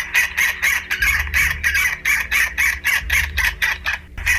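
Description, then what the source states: South Polar Skua calls, a run of harsh, rhythmic cries repeated about four times a second, with a low rumble underneath in parts. One of only three bird species that breed in Antarctica.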